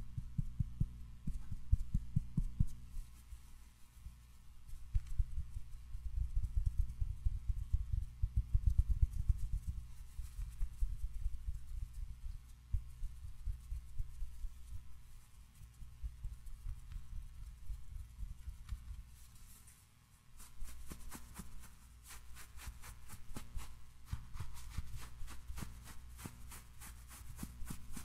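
Tiny mic triggers: a dense run of low, muffled rubbing and thumping that swells and fades, loudest around seconds 6 to 10. After a brief lull near 20 seconds, sharper, crisper scratching taps fill the upper range in quick, irregular bursts until the end.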